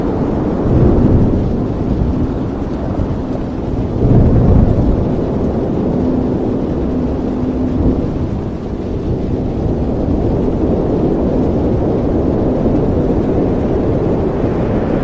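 A storm roars steadily, dominated by a deep, dense rumble of strong wind with little brightness above it. The roar swells around the first and fourth to fifth seconds like thunder rolling, then settles into a constant low wash through the end.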